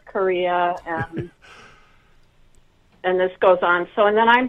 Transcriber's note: laughs